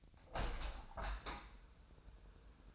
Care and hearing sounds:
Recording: daily activity, microphone in the room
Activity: open window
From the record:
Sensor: 2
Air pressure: 999.9 hPa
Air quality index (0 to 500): 230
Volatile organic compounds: 62 ppm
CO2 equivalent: 3437 ppm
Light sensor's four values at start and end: 8/19/8/8 and 8/19/8/8

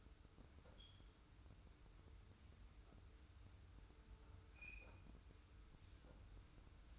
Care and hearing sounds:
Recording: daily activity, microphone in the room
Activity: wipe stove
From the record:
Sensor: 2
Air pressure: 990.3 hPa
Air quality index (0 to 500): 191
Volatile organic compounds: 1000 ppm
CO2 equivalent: 6086 ppm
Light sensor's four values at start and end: 33/79/32/32 and 33/79/32/32

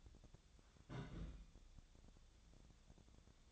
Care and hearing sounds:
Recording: daily activity, microphone in the room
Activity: place on stove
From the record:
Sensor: 3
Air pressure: 1000.0 hPa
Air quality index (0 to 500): 123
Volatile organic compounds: 2 ppm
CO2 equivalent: 1107 ppm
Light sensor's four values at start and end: 46/117/50/56 and 46/117/50/56

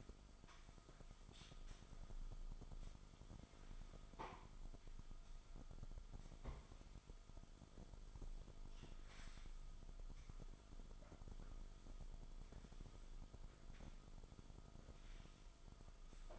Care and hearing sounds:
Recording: daily activity, microphone in the room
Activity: sweep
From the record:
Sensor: 5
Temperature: 24.0 degrees Celsius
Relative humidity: 36.6%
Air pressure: 1004.8 hPa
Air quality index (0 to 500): 95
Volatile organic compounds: 2 ppm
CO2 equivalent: 1146 ppm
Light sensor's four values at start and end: 34/80/32/31 and 34/80/32/31

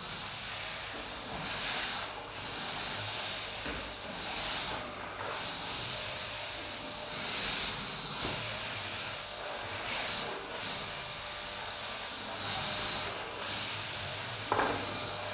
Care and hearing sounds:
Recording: daily activity, microphone in the room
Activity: vacuum cleaning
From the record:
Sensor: 2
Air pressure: 991.7 hPa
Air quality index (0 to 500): 203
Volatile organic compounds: 1000 ppm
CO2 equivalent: 6707 ppm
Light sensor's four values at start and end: 26/82/32/30 and 25/81/31/29

